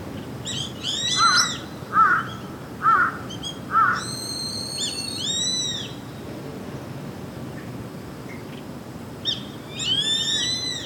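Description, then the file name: Grey-faced buzzard: repeated arched, whistled calls in several groups, with four harsher, lower notes about a second apart early on. "sashiba"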